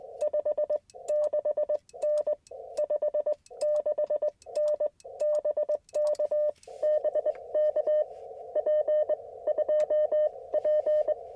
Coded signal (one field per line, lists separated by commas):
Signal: Morse code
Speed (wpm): 20 wpm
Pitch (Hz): 600 Hz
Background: none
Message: 56N 56N BK BK P2P